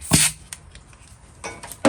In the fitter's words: tiny little click